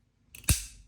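A Kershaw Launch 1 push-button automatic knife fires, and its blade snaps out and locks open in the aluminum handle, with a very snappy action. A faint click at 0.3 s is followed by a sharp, bright snap at 0.5 s that rings down over the next few tenths of a second. The blade is locked into place open, with no blade play.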